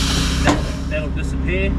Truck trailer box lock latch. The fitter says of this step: and then check that my the box for my a trailer is locked into place so unlock that now